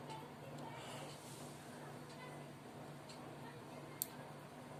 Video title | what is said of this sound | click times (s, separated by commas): UNBOXING COOL IPOD -- KAPAGANTI'S HINDI | మీకు sound వస్తుంది tick మని. ఆ సౌండ్ వచ్చాక మీరు ఒకసారి చెక్ చేసుకోండి | 4.0 s